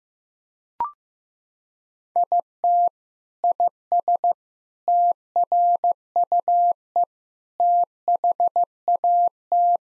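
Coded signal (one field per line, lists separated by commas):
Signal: Morse code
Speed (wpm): 15 wpm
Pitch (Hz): 700 Hz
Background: none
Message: IT IS TRUE THAT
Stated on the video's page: Head-copy drill of sentences from the top 1600 words at 15 wpm; each sentence is sent in Morse, then spoken, then repeated.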